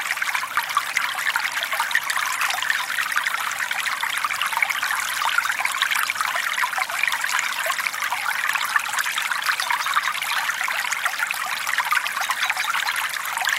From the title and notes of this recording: The gentle and soothing sounds of a small stream. The gentle trickle of the stream.